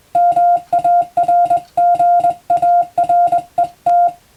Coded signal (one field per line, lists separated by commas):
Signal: Morse code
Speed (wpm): 21 wpm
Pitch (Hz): 700 Hz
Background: music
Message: MARGARET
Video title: スマホがありながらなぜモールスなのか？自分で信号を操れる匠の技を覚えてみませんか？通信技術の原点！アマチュア無線の受信練習にも(morse code practice radio operator )